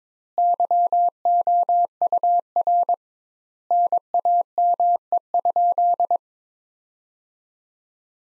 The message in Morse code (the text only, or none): YOUR NAME?